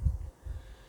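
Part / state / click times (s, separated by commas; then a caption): multi-pin electrical connector into wood chipper wiring socket / not seated / none. A multi-pin electrical connector is handled at the wiring socket of a Bandit 200XP wood chipper as it is plugged back in after the machine was unclogged. Low, muffled handling thumps and rumble rise and fade over about one second. Nothing has seated or clicked yet.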